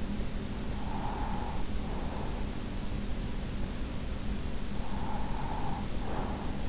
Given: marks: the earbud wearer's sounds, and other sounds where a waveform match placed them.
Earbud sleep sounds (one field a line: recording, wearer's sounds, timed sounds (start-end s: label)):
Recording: sounds in sleep by an in-ear microphone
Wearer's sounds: breath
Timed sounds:
0.46-2.88 s: breath
4.60-6.63 s: breath